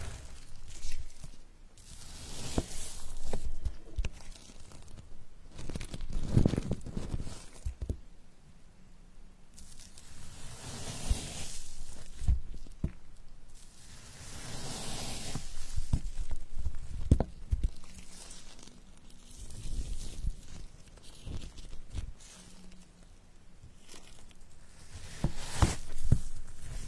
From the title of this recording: Cutting cheesecake